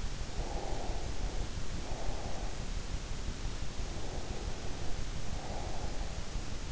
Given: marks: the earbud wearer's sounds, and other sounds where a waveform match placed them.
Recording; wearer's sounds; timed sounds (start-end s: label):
sounds in sleep by an in-ear microphone; breath
0.35-2.78 s: breath
3.89-6.38 s: breath